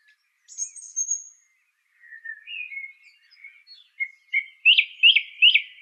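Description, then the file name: Song thrush song: a high thin note, soft warbling, then a sharp note repeated several times in quick succession. "suara-kicauan-burung-song-thrush omkicau"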